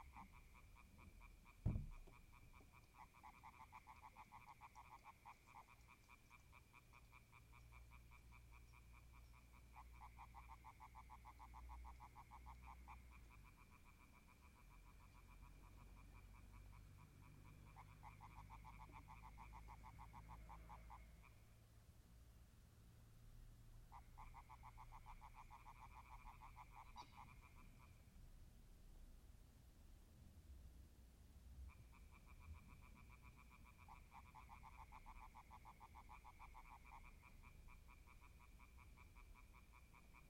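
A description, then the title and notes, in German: An evening at a clay pit, where frogs call in rapid, rattling trills that come in bouts of a few seconds, each followed by a short pause. A low, steady rumble runs underneath throughout, with a single sharp knock near the start. Ein Abend in der Lehmgrube. Aber echtes AB-Stereo.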